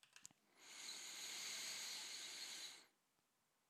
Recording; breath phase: one breath near a microphone; inhalation